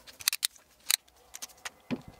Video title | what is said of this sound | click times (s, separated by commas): BEST Small Tripod for Travel? Manfrotto Element Traveller Tripod Review | you'll hear them kind of click into place so | 0.3 s, 0.5 s, 0.9 s